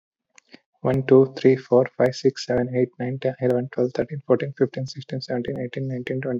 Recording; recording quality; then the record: counting at a fast pace; excellent, no background noise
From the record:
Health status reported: COVID-19 positive, mild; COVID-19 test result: positive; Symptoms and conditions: cough, sore throat, loss of smell and taste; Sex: male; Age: 32 years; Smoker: not ticked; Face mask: not worn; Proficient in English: yes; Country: India